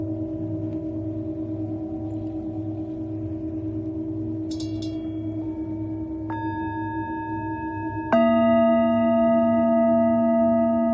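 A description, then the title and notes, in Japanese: Singing bowls ring in long, steady sustained tones over a low hum. Fresh strikes arrive around four and a half and six seconds, adding bright ringing overtones, and a louder strike just after eight seconds brings a fuller, deeper tone that keeps sounding to the end. メキシコから シンギングボウルのサウンドヒーリング。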